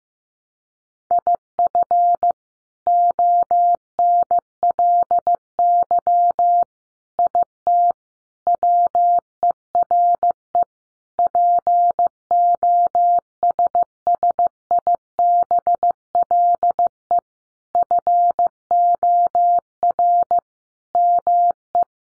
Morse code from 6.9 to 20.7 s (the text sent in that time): IT WERE POSSIBLE FOR